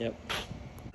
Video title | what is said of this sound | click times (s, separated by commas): Vnotes #128 EVOX PAID OFF!!!! | all right so i just tried the clip and it's a little bit tighter but it's not it's not clicking in it's | none